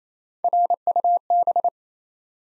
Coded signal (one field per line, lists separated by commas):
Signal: Morse code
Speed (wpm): 29 wpm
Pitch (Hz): 700 Hz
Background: none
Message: RUB